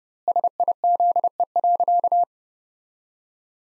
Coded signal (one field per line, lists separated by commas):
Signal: Morse code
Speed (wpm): 30 wpm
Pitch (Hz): 700 Hz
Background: none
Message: SIZE.